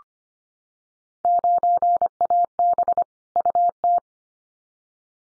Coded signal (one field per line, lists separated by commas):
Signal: Morse code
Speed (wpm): 25 wpm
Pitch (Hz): 700 Hz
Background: none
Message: 9AB UT